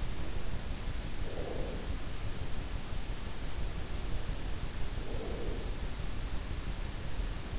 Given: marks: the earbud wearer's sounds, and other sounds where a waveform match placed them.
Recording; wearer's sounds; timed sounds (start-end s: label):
sounds in sleep by an in-ear microphone; breath
1.03-2.22 s: breath
4.76-6.05 s: breath